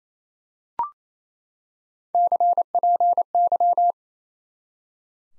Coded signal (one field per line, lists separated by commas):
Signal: Morse code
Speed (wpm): 27 wpm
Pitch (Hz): 700 Hz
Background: none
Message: CPY